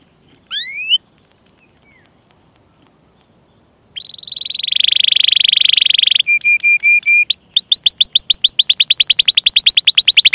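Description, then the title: Canary song mixing a rising note, a row of short high pips, a rolling buzzy trill, level repeated whistles and a fast run of sweeping chirps. Gacor (vigorous singing) canary with cengkok (melodic turns) and isian (varied fill phrases), for bird-song training. "Kenari Gacor Cengkok Isian Kenarigacor Kicaumania Kenari"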